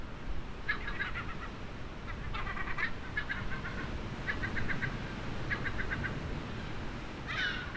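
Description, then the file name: Gull calls in short harmonic bursts, chattering series of notes repeated several times, over steady low rumbling noise. "STC moewen"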